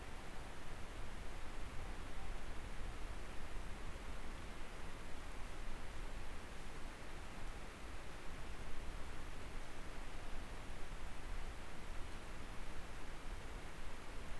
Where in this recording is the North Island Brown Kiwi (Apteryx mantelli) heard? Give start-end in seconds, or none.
none